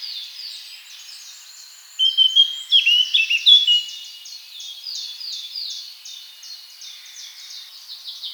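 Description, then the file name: Eurasian blackcap delivers a loud, quick warble of mixed whistled and scratchy notes for over a second, set against a steady chorus of high-pitched birds. "Sylvia atricapilla"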